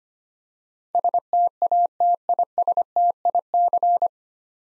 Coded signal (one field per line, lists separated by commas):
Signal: Morse code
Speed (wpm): 25 wpm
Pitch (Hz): 700 Hz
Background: none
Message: STATISTIC